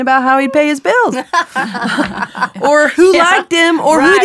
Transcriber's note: laughter